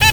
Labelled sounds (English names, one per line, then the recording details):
Zebra Finch stack call
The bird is a female
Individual fem1